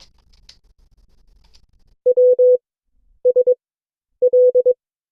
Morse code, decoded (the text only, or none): W S L